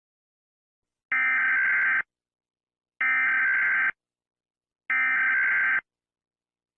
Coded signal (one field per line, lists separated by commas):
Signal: Emergency Alert System (SAME) tones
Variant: header bursts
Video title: EAS Scenario 1: Hazbin Hotel Horror Mayhem!!! (Read Description